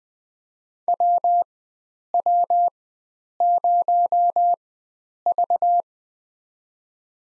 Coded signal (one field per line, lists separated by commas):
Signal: Morse code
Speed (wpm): 20 wpm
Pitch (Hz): 700 Hz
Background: none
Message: WW0V